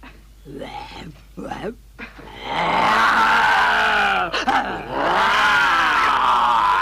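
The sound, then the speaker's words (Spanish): A person imitates a tiger's growl: a few short, throaty grunts, then a long, loud, strained roaring growl that wavers in pitch, pauses briefly, and surges again. “Debes salir allí como si fueras un tigre.”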